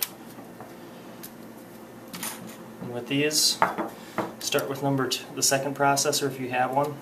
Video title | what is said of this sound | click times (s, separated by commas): Velocity Tech Solutions - How to Replace PowerEdge SC1420 System Board | press them down i'll hear them latch and | 0.0 s